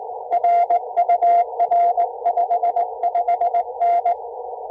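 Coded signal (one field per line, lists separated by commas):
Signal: Morse code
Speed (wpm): 18 wpm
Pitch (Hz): 700 Hz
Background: none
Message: RUR 55N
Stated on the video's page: Portable QRP CW during a park activation.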